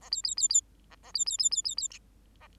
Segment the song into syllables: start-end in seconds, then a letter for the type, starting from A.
0.01-0.10 A, 0.11-0.22 B, 0.23-0.35 B, 0.36-0.48 B, 0.49-0.61 B, 0.90-0.95 A, 1.03-1.12 A, 1.14-1.24 B, 1.26-1.37 B, 1.38-1.49 B, 1.51-1.62 B, 1.64-1.75 B, 1.77-1.87 B, 1.90-1.98 C